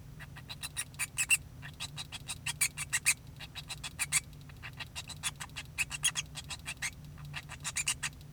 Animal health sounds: song of a male Bengalese finch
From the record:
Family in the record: son of father 2

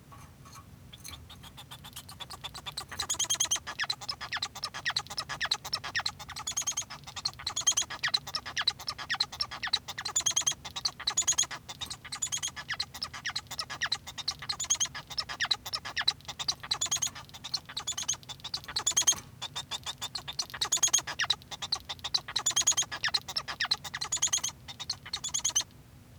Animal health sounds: song of a male Bengalese finch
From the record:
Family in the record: son of father 1

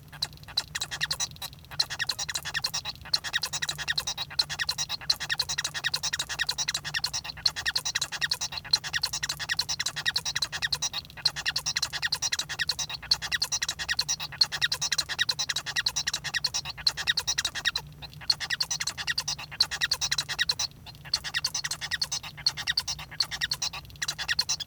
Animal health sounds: song of a male Bengalese finch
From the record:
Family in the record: son of father 1

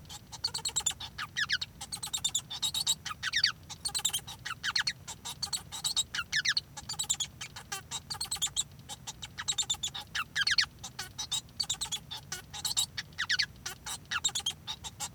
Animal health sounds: song of a male Bengalese finch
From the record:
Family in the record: son of father 1

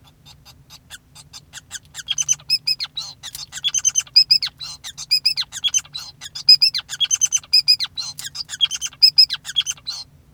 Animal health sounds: song of a male Bengalese finch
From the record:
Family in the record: son of father 5

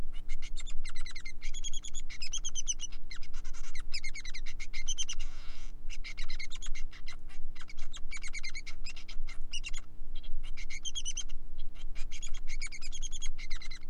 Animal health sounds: song of a male Bengalese finch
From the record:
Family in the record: son of father 3

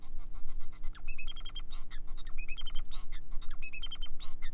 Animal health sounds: song of a male Bengalese finch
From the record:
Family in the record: son of father 4

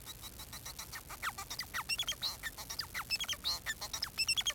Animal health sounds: song of a male Bengalese finch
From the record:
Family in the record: son of father 4

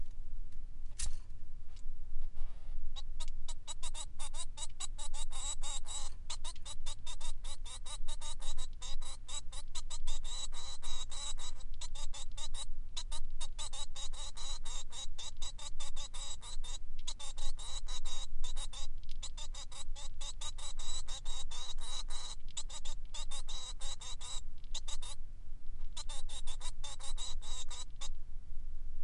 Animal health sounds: song of a male Bengalese finch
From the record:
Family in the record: son of father 3

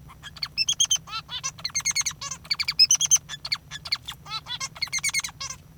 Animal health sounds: song of a male Bengalese finch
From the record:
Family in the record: father 3

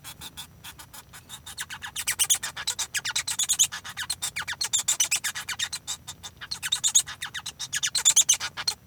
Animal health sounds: song of a male Bengalese finch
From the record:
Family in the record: son of father 1

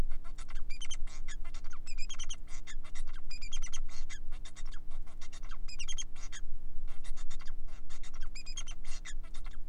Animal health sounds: song of a male Bengalese finch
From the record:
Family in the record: son of father 4

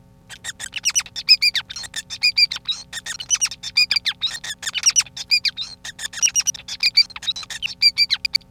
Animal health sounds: song of a male Bengalese finch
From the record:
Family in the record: son of father 5

